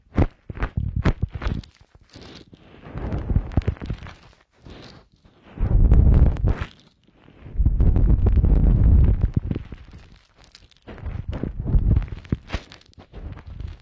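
Ear cleaning with a fluffy bonten ear pick. Quick crisp scratches and clicks open the first two seconds, then longer, louder bursts of soft rustling rub come and go around six, eight to nine, and twelve seconds, with near-silent pauses between.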